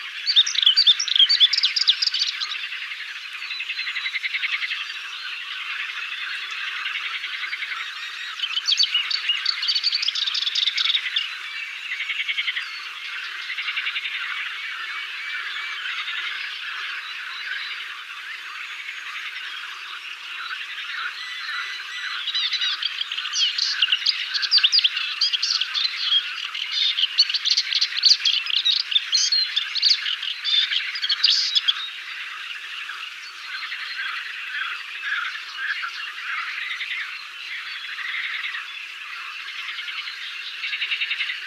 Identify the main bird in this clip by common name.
Moustached Warbler